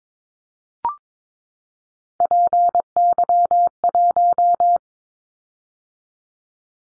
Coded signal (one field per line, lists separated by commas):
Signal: Morse code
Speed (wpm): 22 wpm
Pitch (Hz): 700 Hz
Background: none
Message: PY1